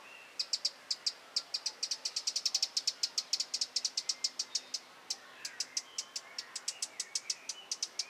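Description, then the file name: Eurasian wren ticking with hard clicky notes, a denser run early on, then continuing at an uneven pace after a short pause. "Troglodytes troglodytes"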